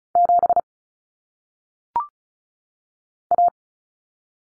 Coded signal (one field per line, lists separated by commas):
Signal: Morse code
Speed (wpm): 36 wpm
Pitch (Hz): 700 Hz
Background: none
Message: 7 A